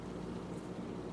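A plastic rocket from a 1:48 F6F-5 Hellcat model kit, its pegs trimmed, is handled against the locating pins under the wing, where it is meant to snap into place and hold without glue. Only a steady low rumble and broadband noise are heard, with no sharp sounds. Nothing has seated or clicked yet.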